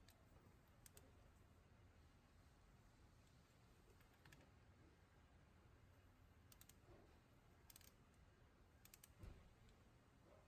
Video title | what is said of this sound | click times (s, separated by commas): How To Replace The Water Pump On A Chevy Cruze With 1.4l Engine" | so you want to ease the torque up slowly until it clicks and that's the best way to do it | 0.9 s, 7.7 s, 8.9 s